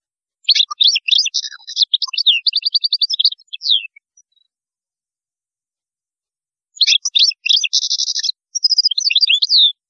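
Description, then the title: European goldfinch song: two bursts of rapid tinkling, twittering notes with buzzy trilled phrases, separated by a silence of a few seconds. "Chant Chardonneret"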